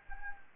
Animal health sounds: mosquito wingbeat signal from an infrared sensor; Anopheles gambiae

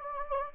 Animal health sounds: mosquito wingbeat signal from an infrared sensor; Anopheles gambiae

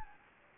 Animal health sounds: mosquito wingbeat signal from an infrared sensor; Anopheles gambiae

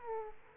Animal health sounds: mosquito wingbeat signal from an infrared sensor; Aedes aegypti

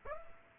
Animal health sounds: mosquito wingbeat signal from an infrared sensor; Aedes aegypti

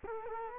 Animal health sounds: mosquito wingbeat signal from an infrared sensor; Culex quinquefasciatus

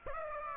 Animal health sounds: mosquito wingbeat signal from an infrared sensor; Aedes aegypti

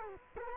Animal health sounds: mosquito wingbeat signal from an infrared sensor; Culex quinquefasciatus

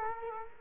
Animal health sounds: mosquito wingbeat signal from an infrared sensor; Culex quinquefasciatus

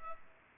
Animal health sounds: mosquito wingbeat signal from an infrared sensor; Culex pipiens

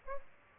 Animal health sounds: mosquito wingbeat signal from an infrared sensor; Aedes aegypti

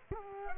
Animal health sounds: mosquito wingbeat signal from an infrared sensor; Culex quinquefasciatus

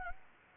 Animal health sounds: mosquito wingbeat signal from an infrared sensor; Anopheles gambiae

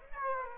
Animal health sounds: mosquito wingbeat signal from an infrared sensor; Aedes aegypti

